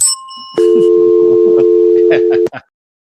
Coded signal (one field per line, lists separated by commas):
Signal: telephone call progress tone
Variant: North America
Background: speech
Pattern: dial tone